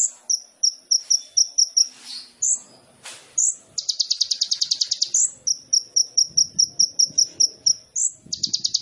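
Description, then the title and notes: Sunbird song: series of high thin notes in rapid runs, a dense buzzy trill, and a few scratchy clicks and rustles. Full song with varied fills and bursts (isian dan tembakan), singing actively (gacor), suited for prompting other birds. "MASTERAN KOLIBRI NINJA FULL ISIAN DAN TEMBAKAN COCOK BUAT PANCINGAN. Suara Burung Kolibri Ninja Gacor"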